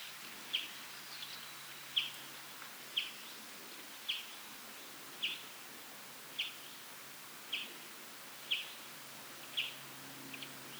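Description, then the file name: European greenfinch calls: single short chirps repeated in an even series, with background hiss. "Chloris chloris"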